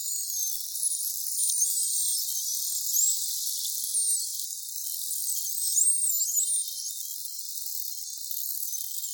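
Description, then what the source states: Rough-toothed dolphin whistles, high and frequency-modulated, sweeping up and down and overlapping throughout, with a hissy background. Whistles and clicks.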